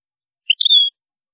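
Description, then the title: European goldfinch: a single brief chirp followed by a clear, drawn-out whistled note that falls slightly, heard alone against silence. "Chant Chardonneret"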